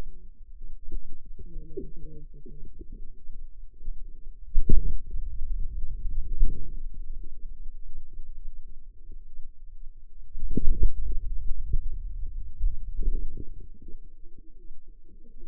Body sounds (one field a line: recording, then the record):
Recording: forearm muscle sounds (acoustic myography)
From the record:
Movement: hand closing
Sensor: system 2, bracelet of six BSWA MPA416 microphones around the upper forearm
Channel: 5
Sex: female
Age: 25 years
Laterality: right